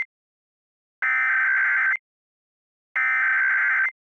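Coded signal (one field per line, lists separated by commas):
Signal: Emergency Alert System (SAME) tones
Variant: header bursts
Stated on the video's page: Simulated EAS tones for a fictional Christmas alert scenario, generated with software encoder; tones stated valid.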